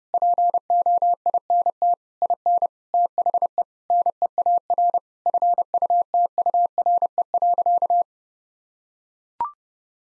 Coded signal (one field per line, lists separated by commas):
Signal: Morse code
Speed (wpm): 30 wpm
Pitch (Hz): 700 Hz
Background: none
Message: POINT IN THE NEAR FUTURE.